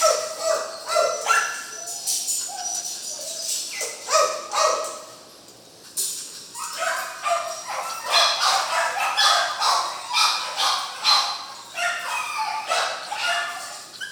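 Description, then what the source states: Dog barks, a fast irregular run of yaps, a short lull near the middle, then dense overlapping barking resumes. Barking inside a dog kennel.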